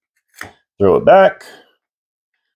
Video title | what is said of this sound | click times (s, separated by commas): Death of the Flying Sub, MORE Seaview, More Torpedoes, More Nautilus! Drydocks Update 01/26/24 | forward and then just uh push it back until it locks in place just like that we'll take another one | 0.4 s